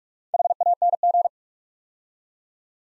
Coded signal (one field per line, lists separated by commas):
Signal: Morse code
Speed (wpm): 44 wpm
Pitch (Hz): 700 Hz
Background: none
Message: HANG